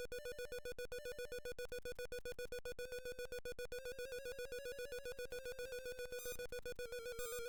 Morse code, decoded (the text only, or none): none